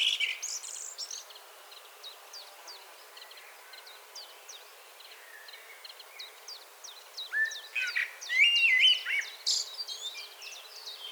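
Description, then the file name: Common blackbird giving a warbled whistle phrase late, following a long run of another bird's repeated thin high notes. "Turdus merula"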